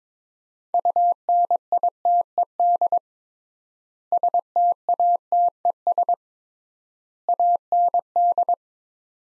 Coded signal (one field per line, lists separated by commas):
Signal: Morse code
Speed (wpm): 22 wpm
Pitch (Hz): 700 Hz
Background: none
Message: UNITED STATES AND